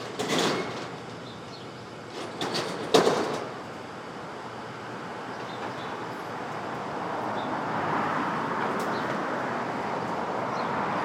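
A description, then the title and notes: Street traffic at dawn in Brooklyn: a steady wash of passing vehicles, with a few sharp clattering bursts early on and a rumble swelling later. Brooklyn Dawn, 4 - 17 - 20, Street Traffic II.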